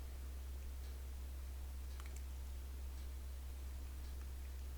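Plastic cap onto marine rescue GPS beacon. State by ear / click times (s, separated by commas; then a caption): seated / 2.0 s, 2.1 s, 2.2 s. A small plastic end cap is pushed back onto the housing of a Nautilus Lifeline Marine Rescue GPS beacon after the antenna piece has been wound tight. Short, sharp snaps land at 2.0 s, 2.1 s and 2.2 s over a steady low hum. The cap snaps into place and is seated.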